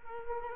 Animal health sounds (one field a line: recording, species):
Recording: mosquito wingbeat signal from an infrared sensor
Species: Culex quinquefasciatus